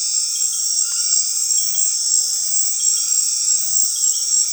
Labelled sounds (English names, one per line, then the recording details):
none
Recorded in dense forest near Puerto Asís, Putumayo, Colombia, on 20 February 2024 at 21:00
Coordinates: 0.502, -76.326
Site G6460